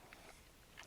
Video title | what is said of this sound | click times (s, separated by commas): Yakima Baseline Roof Rack System Overview and Installation | um snap into place there we go | 0.1 s, 0.8 s